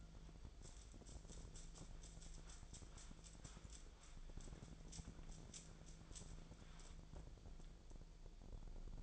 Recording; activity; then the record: daily activity, microphone in the room; wipe stove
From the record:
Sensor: 5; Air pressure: 1000.6 hPa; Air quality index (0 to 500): 155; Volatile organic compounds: 2 ppm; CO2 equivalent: 1194 ppm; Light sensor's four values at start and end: 49/104/47/53 and 49/106/48/53